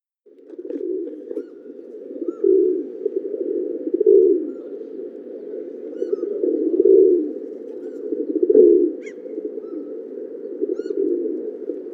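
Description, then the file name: Pigeon or dove cooing, a continuous low purring coo that swells into stronger coos several times, with faint high chirps. "Columbidae"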